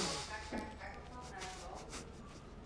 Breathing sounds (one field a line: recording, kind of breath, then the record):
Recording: one breath in and out by a microphone near the nose and mouth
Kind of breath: deep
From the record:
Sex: male